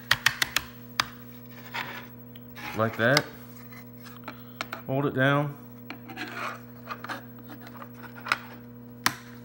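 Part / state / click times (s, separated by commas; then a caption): phone in protective case into plastic holster clip / seated / 9.1 s. A phone in an Otterbox Defender protective case is pushed down into a plastic belt holster clip while someone talks. Sharp clicks and rubbing and scraping sounds are heard, and the phone snaps into the holster with a crisp click at 9.1 s, seated.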